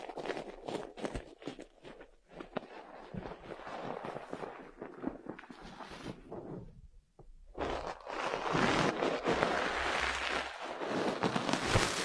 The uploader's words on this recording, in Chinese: 按摩耳朵，一些让人放松的声音。